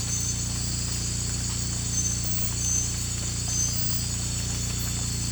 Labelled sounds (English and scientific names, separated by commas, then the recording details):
none
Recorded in pastures near Puerto Asís, Putumayo, Colombia, on 16 December 2024 at 02:00
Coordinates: 0.466, -76.322
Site G040